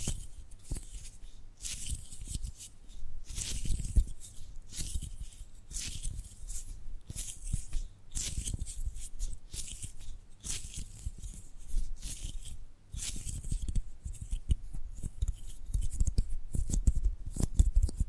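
Tapping and gripping sounds in a dense, irregular stream of soft scratchy strokes and rustles, with bright swishes and low thumps throughout.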